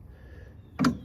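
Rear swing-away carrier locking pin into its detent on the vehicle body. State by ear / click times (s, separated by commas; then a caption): seated / 0.8 s. The steel rear swing-away carrier on a 1998 Land Rover Defender 110 300Tdi, released by pulling its locking pin, swings until the pin snaps into its detent on the vehicle body. After a quiet low hum, a sharp click lands at 0.8 s with a second close behind at 0.9 s, then fades over the last quarter second. The carrier is seated and locked in place.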